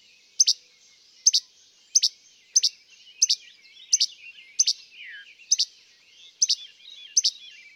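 Least flycatcher snapping out crisp che-bek notes over and over, over soft high twittering in the background.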